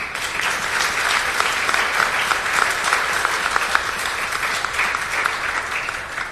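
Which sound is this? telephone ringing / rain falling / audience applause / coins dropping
audience applause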